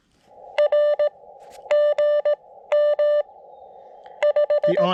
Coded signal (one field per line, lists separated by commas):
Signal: Morse code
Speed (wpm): 16 wpm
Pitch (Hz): 600 Hz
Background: none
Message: R G M 5